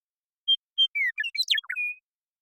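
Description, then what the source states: Western meadowlark sings a phrase of two bright whistles, a sliding note and a tumbling gurgled run, finishing with a drawn-out level whistle. Song, in the Pacific Northwest, Washington, United States; isolated and processed, natural pace and rhythm kept.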